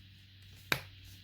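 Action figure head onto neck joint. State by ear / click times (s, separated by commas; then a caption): seated / 0.7 s. The detachable head of a plastic action figure is forced back onto its neck joint, producing a single sharp, distinct click at 0.7 s over a quiet, low hum. The head seats back on.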